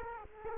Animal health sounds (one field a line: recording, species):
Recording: mosquito wingbeat signal from an infrared sensor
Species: Culex quinquefasciatus